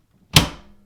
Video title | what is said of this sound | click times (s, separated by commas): HP Deskjet 4155 : How to Install & Replace Ink Cartridges | put it behind and push it with your thumb until you hear a click | 0.4 s